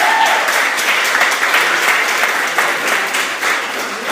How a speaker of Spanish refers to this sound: Ponte de pie, Dori, damos un aplauso de bienvenida.